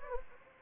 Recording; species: mosquito wingbeat signal from an infrared sensor; Anopheles gambiae